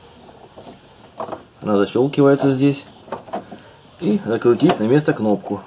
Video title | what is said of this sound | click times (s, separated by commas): Замена тросика задней двери (ЗАЗ, Таврия, Славута) | Ça claque ici. | 1.2 s, 1.3 s